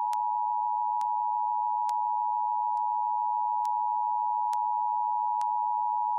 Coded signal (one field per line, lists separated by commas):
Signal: Emergency Alert System (SAME) tones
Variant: 853 and 960 Hz attention tone